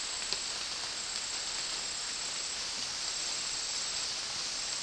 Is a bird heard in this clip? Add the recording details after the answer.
no. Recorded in dense forest near Puerto Asís, Putumayo, Colombia, on 18 February 2024 at 14:00. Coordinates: 0.499, -76.324. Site G6469